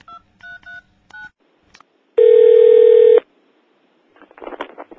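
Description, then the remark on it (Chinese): A phone is dialed again after an earlier call went unanswered, with a quick run of short, evenly paced keypad beeps, followed by one long, loud, steady tone about a second long, then a brief rough, crackly burst. “打电话又冇人听，好闷啊，唔得，打多次先。”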